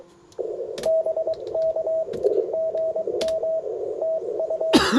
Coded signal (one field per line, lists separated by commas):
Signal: Morse code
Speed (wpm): 23 wpm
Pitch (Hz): 640 Hz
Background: radio noise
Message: BK GM TU